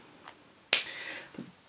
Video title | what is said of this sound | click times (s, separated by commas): Arteza Everblend 120 Marker set Unboxing and swatching | the satisfying snap when you put the caps back on is so nice I love it | 0.7 s